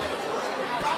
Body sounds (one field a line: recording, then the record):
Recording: coughing mixed with background sound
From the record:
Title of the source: Coughing 46